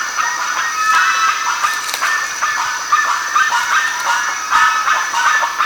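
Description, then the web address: Bird flock, a constant wash of honking and yelping calls, with a steady high hiss underneath. "BIRD 2015 SABIOD 50 bird 2015"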